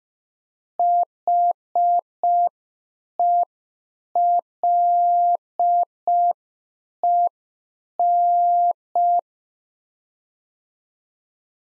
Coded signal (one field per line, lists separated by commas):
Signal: Morse code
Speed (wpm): 5 wpm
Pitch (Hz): 700 Hz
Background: none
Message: HELEN